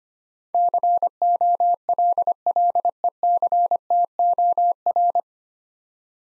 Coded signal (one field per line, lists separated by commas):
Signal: Morse code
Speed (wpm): 25 wpm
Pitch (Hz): 700 Hz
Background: none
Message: COLLECTOR